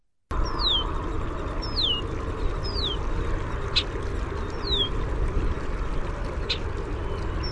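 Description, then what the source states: Red-winged blackbird giving clear descending whistled notes at irregular intervals, five in all, with a couple of brief clicks and a constant low background hum. Call type named as a contact song, rendered as "cheer".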